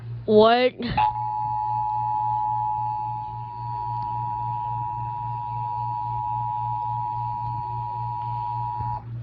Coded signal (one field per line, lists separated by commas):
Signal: Emergency Alert System (SAME) tones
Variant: 853 and 960 Hz attention tone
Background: speech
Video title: Reacting to Some EAS ALERTS On my Nintendo Switch. (These is not actual Emergencies)